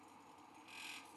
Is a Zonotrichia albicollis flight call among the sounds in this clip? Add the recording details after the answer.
no. No flight call is heard. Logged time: 10:13 on 5 December 2014